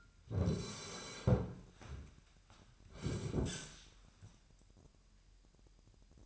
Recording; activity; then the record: daily activity, microphone in the room; sit down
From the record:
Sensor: 2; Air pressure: 998.4 hPa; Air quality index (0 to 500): 126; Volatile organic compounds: 3 ppm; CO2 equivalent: 1420 ppm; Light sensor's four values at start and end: 5/12/5/5 and 6/14/6/6